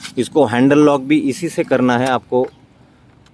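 A man talks while handling the ignition key of a Pure EV ePluto 7G electric scooter, working the key that engages the steering handle lock. His speech fills most of the clip, followed by quiet low background noise. Nothing has seated or clicked yet; the handle lock is not yet home when the clip ends.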